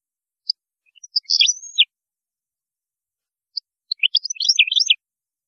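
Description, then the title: European goldfinch song: two bursts of quick, high, liquid twittering notes separated by a short silence. "Chant Chardonneret"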